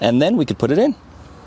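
A fog light assembly on a Toyota Celica is being handled near the two slots under the bumper while someone talks briefly, followed by about half a second of quiet background. Nothing has seated or clicked yet.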